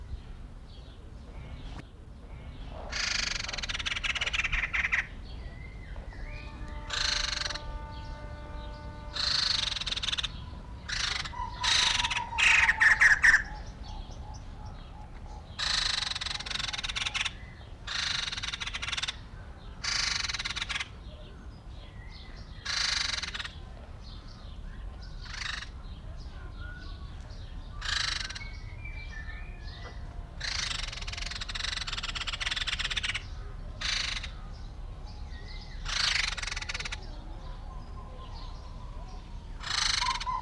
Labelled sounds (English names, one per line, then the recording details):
White-crested Laughingthrush call
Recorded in captivity
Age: adult
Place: Zoo Berlin, Berlin, DE
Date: 1994-05-28 11:43
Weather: bedeckt, 12-15°C
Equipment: Marantz CP 430, Sennheiser ME 80, Kopie Uher Variocord 263
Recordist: Tembrock, Günter